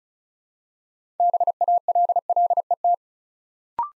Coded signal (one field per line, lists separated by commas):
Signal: Morse code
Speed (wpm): 36 wpm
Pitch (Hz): 700 Hz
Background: none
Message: BALLET